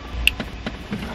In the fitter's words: and as you're pushing it in work the arm down until you hear a click